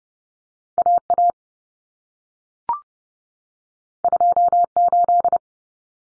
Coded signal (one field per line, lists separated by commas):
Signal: Morse code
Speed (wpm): 30 wpm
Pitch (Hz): 700 Hz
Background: none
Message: AA 28